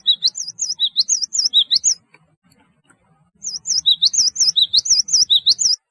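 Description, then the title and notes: Java sparrow song in two long runs of high, looping, tinkling notes with clicky undertones, separated by a pause of about one and a half seconds. "Kicau Burung Gelatik"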